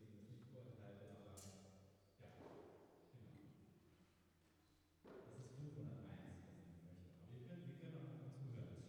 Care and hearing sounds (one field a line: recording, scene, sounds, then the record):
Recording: everyday scene through a hearing-aid microphone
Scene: reverberant space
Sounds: speech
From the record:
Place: church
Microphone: behind the ear, right, front